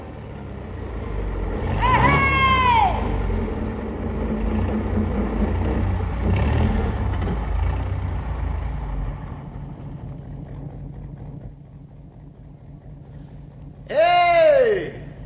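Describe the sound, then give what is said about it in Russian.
A car engine rumbles steadily and then fades as it drives past. A whining tone sweeps downward in pitch near the start, and another short whine rises at the end. “Левак, хоть бы у тебя шина проткнулась!”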